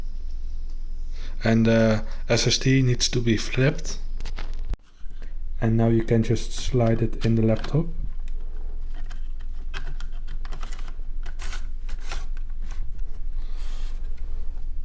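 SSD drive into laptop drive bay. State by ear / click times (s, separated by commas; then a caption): not seated / none. An SSD drive is flipped and slid into the drive bay of a ThinkPad T430 laptop during an upgrade, with someone talking over soft handling and scraping sounds. Nothing has seated or clicked yet; the clip ends before the drive goes home.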